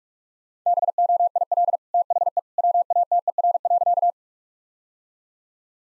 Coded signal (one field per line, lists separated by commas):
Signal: Morse code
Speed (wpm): 46 wpm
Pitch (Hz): 700 Hz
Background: none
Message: BOIL THE WATER.